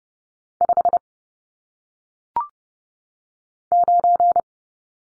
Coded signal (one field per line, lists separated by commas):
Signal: Morse code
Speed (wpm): 30 wpm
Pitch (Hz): 700 Hz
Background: none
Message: 5 9